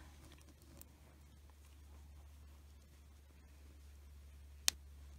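A plastic washer back is pushed onto the post of a plastic safety eye through a crocheted amigurumi toy. A low steady hum runs throughout with a few faint ticks early on, then one sharp, loud click at 4.7 s as the back seats onto the post.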